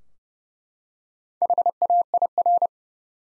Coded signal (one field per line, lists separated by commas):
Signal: Morse code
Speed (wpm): 30 wpm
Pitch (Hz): 700 Hz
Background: none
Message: HAIR